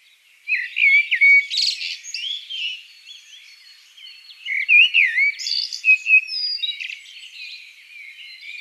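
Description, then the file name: Eurasian blackbird uttering rapid strings of bright, slurred whistles and sharp chirps, some rising and falling, in two lively bursts with softer twittering between. "Turdus merula"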